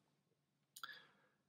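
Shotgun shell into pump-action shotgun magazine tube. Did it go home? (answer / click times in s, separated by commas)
yes / 0.8 s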